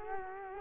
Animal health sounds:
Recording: mosquito wingbeat signal from an infrared sensor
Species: Culex quinquefasciatus

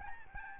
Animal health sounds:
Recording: mosquito wingbeat signal from an infrared sensor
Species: Aedes albopictus

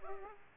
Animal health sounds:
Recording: mosquito wingbeat signal from an infrared sensor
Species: Aedes aegypti

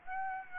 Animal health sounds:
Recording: mosquito wingbeat signal from an infrared sensor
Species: Aedes aegypti

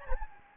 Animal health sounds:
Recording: mosquito wingbeat signal from an infrared sensor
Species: Anopheles gambiae

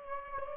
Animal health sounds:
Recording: mosquito wingbeat signal from an infrared sensor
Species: Aedes aegypti

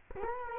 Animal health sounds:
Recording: mosquito wingbeat signal from an infrared sensor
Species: Culex quinquefasciatus

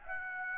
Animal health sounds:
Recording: mosquito wingbeat signal from an infrared sensor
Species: Aedes aegypti

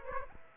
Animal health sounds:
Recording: mosquito wingbeat signal from an infrared sensor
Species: Aedes aegypti

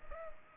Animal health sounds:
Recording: mosquito wingbeat signal from an infrared sensor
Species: Culex pipiens

